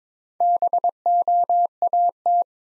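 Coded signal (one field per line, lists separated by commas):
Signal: Morse code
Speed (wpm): 22 wpm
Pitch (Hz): 700 Hz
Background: none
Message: BOAT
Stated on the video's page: Easy-word Morse practice at 17 wpm with contextual hints.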